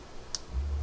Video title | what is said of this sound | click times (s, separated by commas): Piececool Shield Man Build (part 4). Tips Annotated in Description | we go I could just hear it click so it found the right hole now the trick is to get it through and | 0.3 s